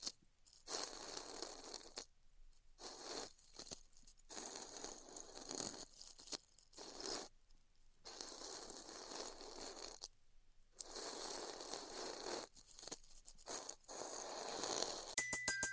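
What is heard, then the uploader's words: Styrofoam being heat cut, heard as bursts of bright, dense crackling hiss that start and stop in irregular strokes of one to three seconds with short silent gaps between. Near the end, a few sharp clicks and a brief high tone appear. ASMR Styrofoam Heat Cutting (No Talking).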